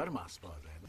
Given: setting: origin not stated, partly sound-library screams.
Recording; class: one-second piece from a danger detection set; normal situation